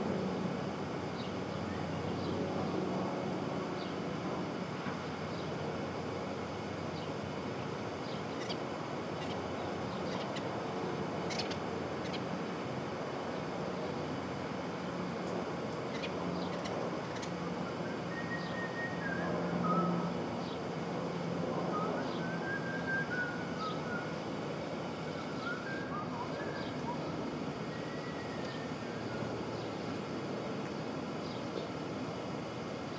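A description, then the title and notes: A dawn in Brooklyn: a steady low rumble of traffic or a passing train, with faint clicks and a few brief chirping calls near the twenty-second mark. Brooklyn Dawn. Street Traffic.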